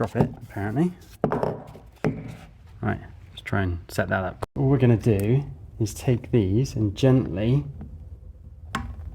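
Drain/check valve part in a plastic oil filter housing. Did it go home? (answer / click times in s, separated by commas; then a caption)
yes / 8.8 s. On an Audi RS3 8Y (22+), while someone talks, a plastic part of the drain/check valve in the leaking plastic oil filter housing is gently pulled up by hand. It clicks into position at 8.8 s. The part is seated, and the click is what stops the leak.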